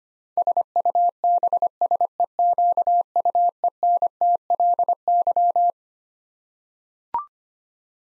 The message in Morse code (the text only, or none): SUBSEQUENTLY